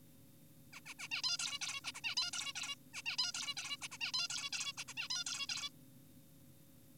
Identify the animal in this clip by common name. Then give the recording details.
Zebra Finch. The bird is an adult. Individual g4p5U